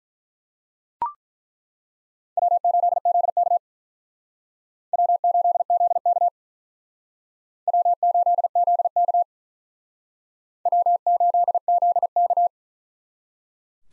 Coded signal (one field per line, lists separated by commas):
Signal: Morse code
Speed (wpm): 48 wpm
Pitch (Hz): 700 Hz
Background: none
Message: W8ZK W8ZK W8ZK W8ZK